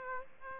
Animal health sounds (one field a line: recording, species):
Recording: mosquito wingbeat signal from an infrared sensor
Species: Aedes aegypti